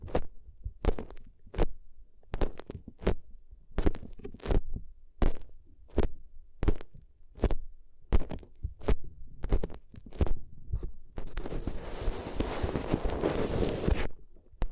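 ASMR paper sounds: a string of sharp taps and soft papery crinkles with dull low thumps under them, coming irregularly about twice a second. Near the end, around eleven seconds in, the sound turns into dense, continuous crumpling and rustling for a few seconds before it stops.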